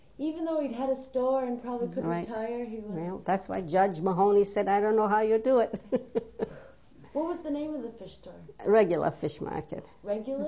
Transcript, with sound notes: Even though he'd had a store and probably could retire, he--
Yeah, that's why Judge Mahoney said, "I don't know how you do it." (She laughs.)
What was the name of the fish store?
Regular Fish Market.
Regular?